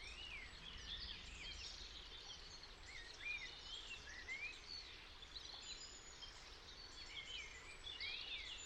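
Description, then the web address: European robin song: a run of high, tinkling, twisting whistled phrases, one after another, over a continuous low noisy background. "cianscape birddata Deverinetal 2025 Bird Only Er Ru"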